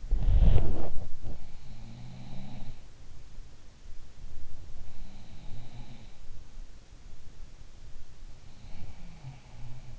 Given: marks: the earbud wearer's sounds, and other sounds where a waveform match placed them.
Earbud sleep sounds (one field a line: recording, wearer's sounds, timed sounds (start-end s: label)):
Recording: sounds in sleep by an in-ear microphone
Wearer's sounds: body movement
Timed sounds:
0.00-1.07 s: body movement
1.20-2.90 s: sound from someone else or the room
4.74-6.34 s: sound from someone else or the room
8.53-9.99 s: sound from someone else or the room